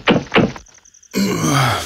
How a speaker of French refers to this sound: Cette nuit-là, pendant son sommeil, il entendit frapper à sa porte.